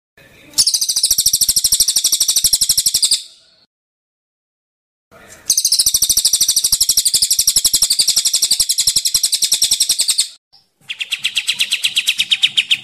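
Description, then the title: Bird song with two long bursts of rapid, high, rattling notes, a pause, then a slightly lower series of repeated notes. Masteran training recording used to teach songbirds. "Masteran Burung"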